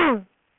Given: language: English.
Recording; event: throat vibration sensor signal played as sound; throat clearing